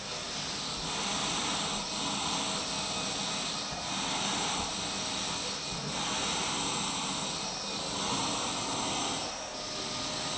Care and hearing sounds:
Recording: daily activity, microphone in the room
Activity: vacuum cleaning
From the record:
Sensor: 1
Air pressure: 991.0 hPa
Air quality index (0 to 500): 118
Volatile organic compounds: 173 ppm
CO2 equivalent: 4118 ppm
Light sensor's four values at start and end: 19/45/19/20 and 19/45/19/20

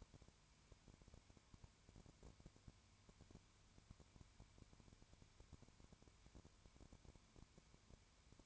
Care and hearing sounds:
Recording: daily activity, microphone in the room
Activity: no activity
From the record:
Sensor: 2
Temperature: 19.9 degrees Celsius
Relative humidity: 32.2%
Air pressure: 1001.1 hPa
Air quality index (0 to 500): 54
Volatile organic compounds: 1 ppm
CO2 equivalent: 601 ppm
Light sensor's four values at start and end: 2/3/2/2 and 2/3/2/2

